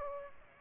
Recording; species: mosquito wingbeat signal from an infrared sensor; Aedes aegypti